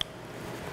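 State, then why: Seated. A plastic electrical connector is lined up and pushed onto the Haldex AWD coupling pump of a Volvo, giving a sharp click at 0.0 s. After the click there is only quiet background noise, and the connector is seated and locked in.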